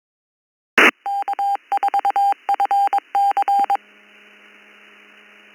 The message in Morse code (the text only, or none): K4FC